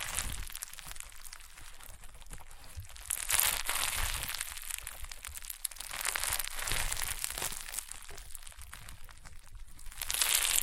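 Crunchy, popping slime is squeezed and pressed in a dense, continuous stream of tiny crackles and pops with no pauses. The texture is bright and crisp, swelling louder around three to five seconds, again near seven to eight, and at the very end.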